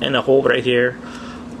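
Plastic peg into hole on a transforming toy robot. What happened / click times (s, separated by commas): Plastic parts handled, no snap yet / none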